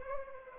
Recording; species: mosquito wingbeat signal from an infrared sensor; Culex pipiens